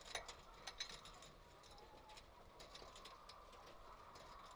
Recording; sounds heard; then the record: poultry house recording; healthy chickens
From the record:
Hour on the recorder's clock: 1